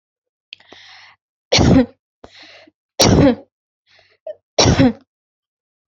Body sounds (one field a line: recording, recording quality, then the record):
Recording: shallow voluntary cough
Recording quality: excellent, no background noise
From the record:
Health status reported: healthy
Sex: female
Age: 31 years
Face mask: not worn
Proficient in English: yes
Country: India